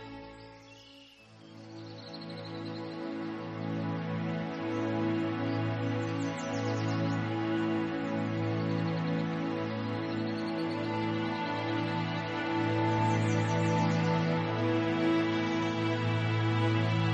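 Relaxing ambient music of warm, sustained low tones, with chords shifting slowly every couple of seconds. After a brief dip near the start, it swells and then holds steady. Faint high chirping sounds drift in now and then above the music.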